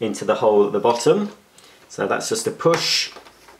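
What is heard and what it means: Someone talks while the right-angled plastic end of the hose on a Casdon toy Dyson DC14 vacuum cleaner is pushed into the hole at the bottom of the cleaner base. Nothing has seated or clicked yet by the end of the clip.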